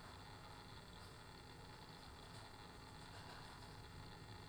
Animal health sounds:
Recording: poultry house recording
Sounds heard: no chicken sound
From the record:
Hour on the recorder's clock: 15

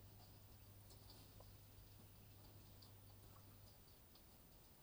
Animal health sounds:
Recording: poultry house recording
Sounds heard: healthy chickens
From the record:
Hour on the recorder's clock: 23

